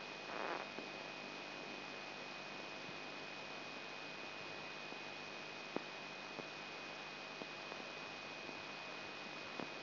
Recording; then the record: brain microelectrode recording played as sound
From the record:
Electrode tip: inside the subthalamic nucleus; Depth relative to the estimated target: 2 mm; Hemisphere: left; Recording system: AlphaMap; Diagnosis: Parkinson's disease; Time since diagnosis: 9 years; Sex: male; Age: 58 years